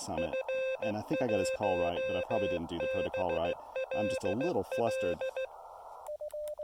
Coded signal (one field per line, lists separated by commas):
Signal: Morse code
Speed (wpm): 16 wpm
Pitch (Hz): 2600 Hz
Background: speech, radio noise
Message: F1BLL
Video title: Activating Elk Knob State Park for SOTA, POTA, and WWFF with 5 watts and the CHA MPAS 2.0